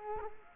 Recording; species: mosquito wingbeat signal from an infrared sensor; Culex quinquefasciatus